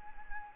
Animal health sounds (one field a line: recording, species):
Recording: mosquito wingbeat signal from an infrared sensor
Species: Anopheles arabiensis